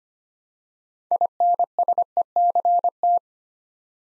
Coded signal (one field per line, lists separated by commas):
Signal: Morse code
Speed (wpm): 25 wpm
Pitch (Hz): 700 Hz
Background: none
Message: INSECT